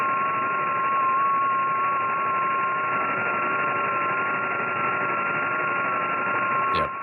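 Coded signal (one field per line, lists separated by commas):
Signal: FT8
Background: speech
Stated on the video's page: Live HF stream with contests and Parks on the Air hunting, on a FlexRadio FLEX-8600 at 100W with a DX Commander vertical.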